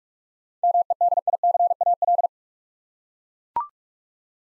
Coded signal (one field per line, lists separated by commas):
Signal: Morse code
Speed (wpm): 41 wpm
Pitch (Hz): 700 Hz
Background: none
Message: MEDICAL